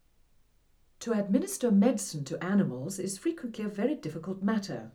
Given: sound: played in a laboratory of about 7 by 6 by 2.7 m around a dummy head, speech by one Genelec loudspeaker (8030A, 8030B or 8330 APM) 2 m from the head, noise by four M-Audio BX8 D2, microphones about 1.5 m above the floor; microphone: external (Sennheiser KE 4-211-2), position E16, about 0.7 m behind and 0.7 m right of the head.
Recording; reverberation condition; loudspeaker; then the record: female speech in English; low; 90 degrees to the right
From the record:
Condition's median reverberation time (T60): about 310 ms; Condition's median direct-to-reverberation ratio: about 3.5 dB